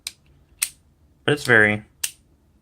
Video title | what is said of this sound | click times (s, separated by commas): Fountain Pen Review: Visconti Rembrandt | to get it to close, and you can kind of hear it snap there. | 0.1 s, 0.6 s